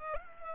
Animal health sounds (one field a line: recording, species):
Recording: mosquito wingbeat signal from an infrared sensor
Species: Culex pipiens